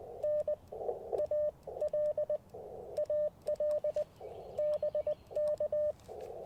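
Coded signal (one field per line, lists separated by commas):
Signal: Morse code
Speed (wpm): 20 wpm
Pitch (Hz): 600 Hz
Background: none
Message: N AL AL BK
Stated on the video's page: QRP CW Parks on the Air activation on a WARC band from a national forest, Icom IC-705 with Chelegance MC-750 antenna.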